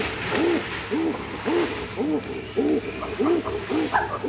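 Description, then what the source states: Chimpanzee hooting: a steady series of short, arched low hoo notes about twice a second, over broad rustling forest noise. Young adult male, about 16-17, with facial malformation (flat face, no nostrils); early morning wake-up call on leaving nest at first light; Sebitoli forest, Kibale National Park, Uganda.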